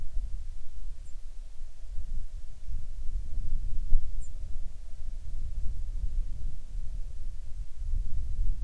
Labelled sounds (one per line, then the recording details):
songbird
wind
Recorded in the Prudhoe Bay oil fields, Alaska, on 7 August 2019 at 05:22
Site 13